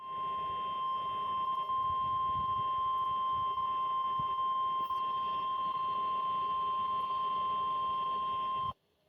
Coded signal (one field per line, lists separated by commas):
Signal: Emergency Alert System (SAME) tones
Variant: 1050 Hz attention tone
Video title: EAS ALERTS ON 3/30 AND 31/2025